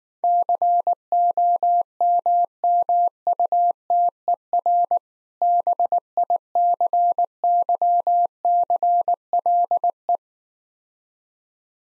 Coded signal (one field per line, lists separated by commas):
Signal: Morse code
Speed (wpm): 19 wpm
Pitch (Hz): 700 Hz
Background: none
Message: COMMUTER BICYCLE